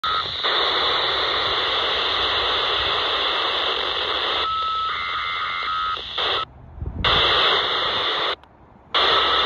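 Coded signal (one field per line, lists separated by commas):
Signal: modem data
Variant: FSK telemetry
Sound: harsh continuous data hiss in bursts, cut by two short silent dropouts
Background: radio static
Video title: 37.120 MHz 74.4 Hz - FSK Data Bursts SCADA or Telemetry - VHF Low Band DX - 16 February 2023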